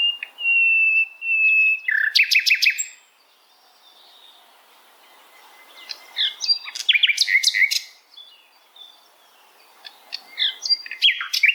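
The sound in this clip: Bird song: a long steady whistled note, then bursts of rapid buzzy chirps, a quiet pause, and two more chirping phrases.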